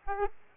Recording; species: mosquito wingbeat signal from an infrared sensor; Aedes aegypti